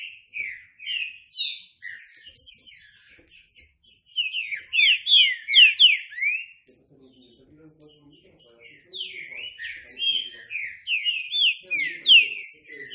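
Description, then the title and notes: Green-winged saltator song in three bursts of rich downslurred whistles, with brief quiet gaps and faint low chatter between. Classic song style (canto clássico) of the Green-winged saltator, presented as a training recording. "Canto Clássico Trinca Ferro TREINAMENTO. trinca fero"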